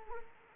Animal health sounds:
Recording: mosquito wingbeat signal from an infrared sensor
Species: Anopheles arabiensis

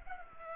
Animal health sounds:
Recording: mosquito wingbeat signal from an infrared sensor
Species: Culex pipiens

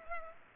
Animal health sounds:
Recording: mosquito wingbeat signal from an infrared sensor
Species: Culex pipiens

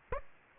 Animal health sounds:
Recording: mosquito wingbeat signal from an infrared sensor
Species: Aedes aegypti

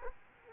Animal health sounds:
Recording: mosquito wingbeat signal from an infrared sensor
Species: Culex quinquefasciatus

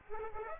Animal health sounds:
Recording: mosquito wingbeat signal from an infrared sensor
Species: Aedes aegypti

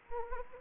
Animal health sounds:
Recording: mosquito wingbeat signal from an infrared sensor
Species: Anopheles gambiae

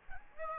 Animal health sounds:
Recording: mosquito wingbeat signal from an infrared sensor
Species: Aedes aegypti

